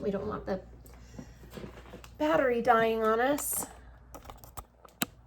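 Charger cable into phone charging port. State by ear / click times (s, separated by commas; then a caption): seated / 5.0 s. A charger cable is plugged into a phone's charging port because of a low-battery warning, and it seats with a sharp click at 5.0 s. Someone talks before this, and a few soft taps and knocks are heard leading up to the click.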